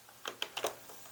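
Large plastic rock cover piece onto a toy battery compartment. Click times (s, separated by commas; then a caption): 0.4 s. A large plastic rock piece from the Lego Motorized Lighthouse 21335 is pressed onto the bottom of the set's AA battery compartment to hide it, held on by a small jumper. A quick cluster of short, sharp plastic clicks sounds at about 0.3, 0.4, 0.6 and 0.7 seconds, the loudest at 0.4 seconds. The cover snaps fully into place and the battery compartment is no longer visible.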